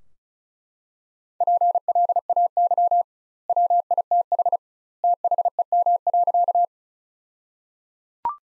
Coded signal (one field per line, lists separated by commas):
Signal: Morse code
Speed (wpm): 34 wpm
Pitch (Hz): 700 Hz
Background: none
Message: PLAY WITH THEM.